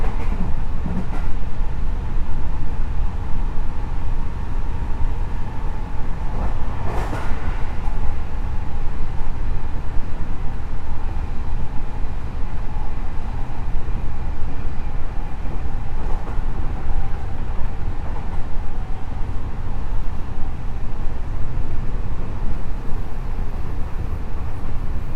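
Running sound of a JR West 207 series train: a steady low rumble throughout, a faint whining tone, and brief rattling clatters around seven seconds.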